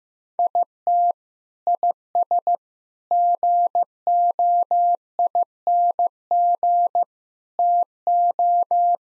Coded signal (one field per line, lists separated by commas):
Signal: Morse code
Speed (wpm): 14 wpm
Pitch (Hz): 700 Hz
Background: none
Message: IT IS GOING TO